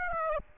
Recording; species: mosquito wingbeat signal from an infrared sensor; Aedes aegypti